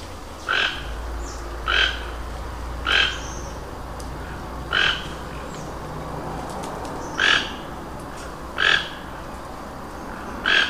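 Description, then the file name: Toco toucan giving a rasping, croaky call repeated seven times at uneven intervals, over steady background noise. "Ramphastos toco"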